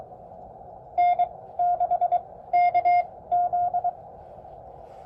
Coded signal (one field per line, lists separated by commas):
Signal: Morse code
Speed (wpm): 22 wpm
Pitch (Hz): 710 Hz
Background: none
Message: N6KZ